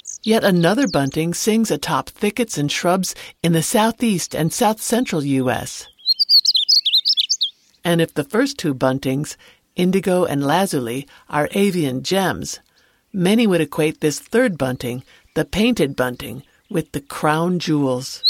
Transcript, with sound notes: Yet another bunting sings atop thickets and shrubs in the Southeast and South-central US. [Painted Bunting song] And if the first two buntings – Indigo and Lazuli – are avian gems, many would equate this third bunting, the Painted Bunting, with the Crown Jewels.